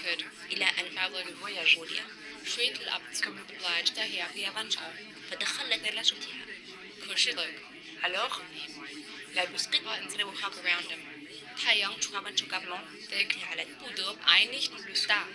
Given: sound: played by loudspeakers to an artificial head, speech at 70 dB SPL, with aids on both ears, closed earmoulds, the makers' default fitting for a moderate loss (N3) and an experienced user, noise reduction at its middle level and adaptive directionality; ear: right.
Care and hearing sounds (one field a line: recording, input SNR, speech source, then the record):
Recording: speech test signal (ISTS) in cocktail-party noise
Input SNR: -3 dB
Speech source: in front (0 degrees)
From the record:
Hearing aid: class 2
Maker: B